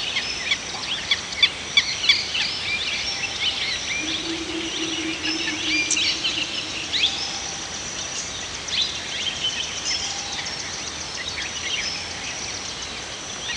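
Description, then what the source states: Bird chorus of many overlapping high chirps and twitters, a few sharp louder notes early on and a low steady hum in the middle. Several birds singing in a forest.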